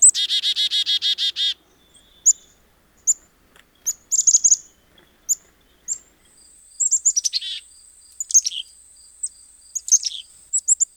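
Chickadee call: a quick series of buzzy 'dee' notes at the start, then scattered thin high chips and a steady high-pitched whine.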